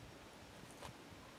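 Someone handles a steel foothold coyote trap with unlatched jaws, pressing down so the trap dog will latch under the pan notch. Only a steady broadband hiss is heard, with a faint soft swell around 0.9 seconds. Nothing has seated or clicked yet.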